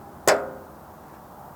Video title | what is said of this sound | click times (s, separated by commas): Installing Fascia for Indoor and Outdoor Manual Chain Shades | and your face is now locked in place | 0.3 s